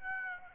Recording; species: mosquito wingbeat signal from an infrared sensor; Aedes aegypti